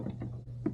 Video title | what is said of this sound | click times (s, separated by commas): Old Town Autopilot 136 Kayak (REVIEW!!!) | and it gets locked into place | 0.7 s